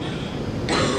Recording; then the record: coughing mixed with background sound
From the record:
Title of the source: female coughing - coughing sound effects girl